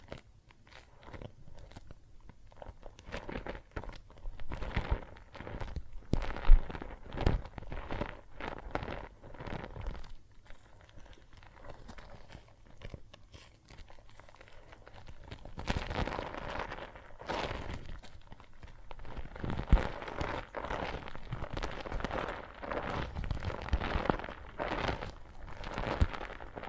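Wet soap foam crackles and squelches in dense, irregular bursts, quieter for the first fifteen seconds, then busier and louder with fizzing hiss.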